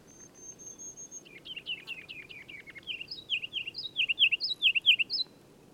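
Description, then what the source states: Ruby-crowned kinglet song beginning with a high thin whistle, then a descending chatter and loud repeated rolling phrases, heard over steady low background noise. Regulus calendula in northern forest, in continual aerial display nearly nonstop from dawn to dusk: sings on a fir limb about 20 feet up, flits out, somersaults, hovers, returns; recorded at lunchtime, unprocessed.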